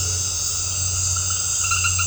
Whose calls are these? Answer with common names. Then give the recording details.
none. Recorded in dense forest near Puerto Asís, Putumayo, Colombia, on 19 March 2025 at 19:30. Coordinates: 0.468, -76.322. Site GP01